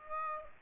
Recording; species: mosquito wingbeat signal from an infrared sensor; Aedes aegypti